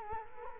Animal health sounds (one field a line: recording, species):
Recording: mosquito wingbeat signal from an infrared sensor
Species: Culex quinquefasciatus